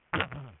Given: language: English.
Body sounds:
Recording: throat vibration sensor signal played as sound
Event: throat clearing

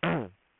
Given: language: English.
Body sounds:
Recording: throat vibration sensor signal played as sound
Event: throat clearing

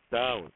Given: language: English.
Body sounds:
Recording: throat vibration sensor signal played as sound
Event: speech

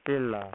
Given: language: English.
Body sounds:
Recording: throat vibration sensor signal played as sound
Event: speech

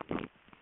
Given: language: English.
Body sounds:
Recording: throat vibration sensor signal played as sound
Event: swallow

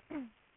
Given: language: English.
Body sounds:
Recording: throat vibration sensor signal played as sound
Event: throat clearing

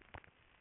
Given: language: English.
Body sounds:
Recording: throat vibration sensor signal played as sound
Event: swallow

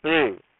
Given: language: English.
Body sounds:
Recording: throat vibration sensor signal played as sound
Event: speech

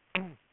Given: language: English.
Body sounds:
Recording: throat vibration sensor signal played as sound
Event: throat clearing

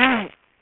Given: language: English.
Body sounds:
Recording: throat vibration sensor signal played as sound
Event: throat clearing

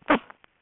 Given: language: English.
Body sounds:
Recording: throat vibration sensor signal played as sound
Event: cough

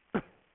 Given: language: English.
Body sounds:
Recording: throat vibration sensor signal played as sound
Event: cough

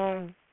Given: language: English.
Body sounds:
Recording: throat vibration sensor signal played as sound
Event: speech

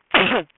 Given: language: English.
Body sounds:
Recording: throat vibration sensor signal played as sound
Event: cough

